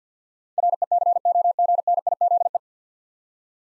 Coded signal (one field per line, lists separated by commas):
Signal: Morse code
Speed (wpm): 50 wpm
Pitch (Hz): 700 Hz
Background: none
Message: RECOGNIZE